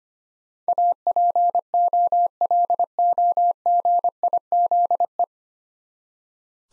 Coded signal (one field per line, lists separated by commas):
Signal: Morse code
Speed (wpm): 25 wpm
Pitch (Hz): 700 Hz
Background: none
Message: APOLOGIZE